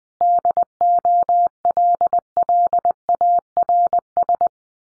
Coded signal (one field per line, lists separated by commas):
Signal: Morse code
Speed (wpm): 19 wpm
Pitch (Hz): 700 Hz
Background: none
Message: DOLLARS